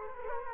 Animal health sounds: mosquito wingbeat signal from an infrared sensor; Culex quinquefasciatus

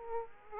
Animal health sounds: mosquito wingbeat signal from an infrared sensor; Aedes aegypti

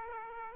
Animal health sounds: mosquito wingbeat signal from an infrared sensor; Aedes aegypti

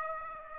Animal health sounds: mosquito wingbeat signal from an infrared sensor; Aedes aegypti

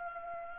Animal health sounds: mosquito wingbeat signal from an infrared sensor; Anopheles gambiae

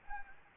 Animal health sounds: mosquito wingbeat signal from an infrared sensor; Anopheles gambiae

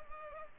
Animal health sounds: mosquito wingbeat signal from an infrared sensor; Culex pipiens

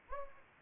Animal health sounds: mosquito wingbeat signal from an infrared sensor; Anopheles gambiae

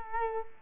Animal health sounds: mosquito wingbeat signal from an infrared sensor; Culex quinquefasciatus

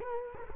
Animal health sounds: mosquito wingbeat signal from an infrared sensor; Culex quinquefasciatus

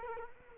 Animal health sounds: mosquito wingbeat signal from an infrared sensor; Culex quinquefasciatus

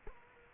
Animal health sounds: mosquito wingbeat signal from an infrared sensor; Culex quinquefasciatus

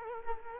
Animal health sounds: mosquito wingbeat signal from an infrared sensor; Culex quinquefasciatus

